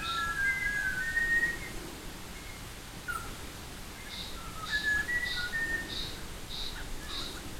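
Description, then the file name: Buffy laughingthrush giving clear whistled notes in short runs early on and again in the second half, with a softer, higher pulsing call repeating behind them late. "laughingthrush-buffy Garrulax-berthemyi"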